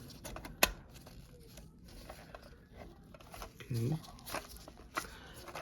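A plastic housing piece of an 8.4 Uconnect radio unit for Dodge, Jeep, Ram and Chrysler is pressed back into place until its tabs lock. One sharp click sounds at 0.6 s as a tab snaps in, and softer clicks and handling noises follow. Someone talks briefly, and the piece is seated.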